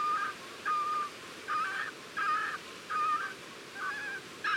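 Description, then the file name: Cormorant calls: drawn-out, flat honks repeated about every 0.8 seconds with quiet gaps between. Several cormorants recorded at the nest. "CORMORANS AU NID"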